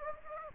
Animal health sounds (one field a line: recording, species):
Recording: mosquito wingbeat signal from an infrared sensor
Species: Anopheles gambiae